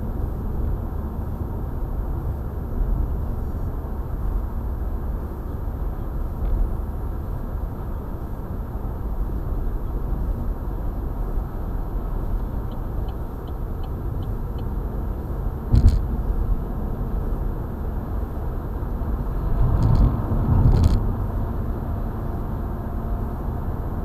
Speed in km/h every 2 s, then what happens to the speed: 81, 80, 79, 79, 77, 78, 77, 79, 83, 84, 86, 87.
0-13 steady at about 79. 13-24 speeds up to 87.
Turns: none.